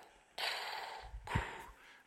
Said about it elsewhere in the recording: I have one of the CPAP machines. I look like Darth Vader, and I sound like this. I breathe with the machine, but I don't snore.